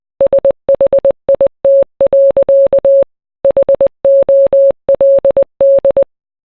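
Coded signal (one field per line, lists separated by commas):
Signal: Morse code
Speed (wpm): 20 wpm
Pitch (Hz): 550 Hz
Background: none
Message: SHIT. HOLD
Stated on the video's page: Morse code rendition of a song.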